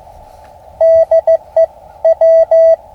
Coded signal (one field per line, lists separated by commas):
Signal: Morse code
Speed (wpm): 16 wpm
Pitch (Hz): 650 Hz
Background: none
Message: DE W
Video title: QRP POTA on the Rio Grande. SSB and CW (Morse Code) gets it done on Ham Radio!